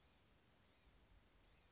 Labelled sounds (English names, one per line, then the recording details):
Blue-gray Gnatcatcher
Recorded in Sonoma County, California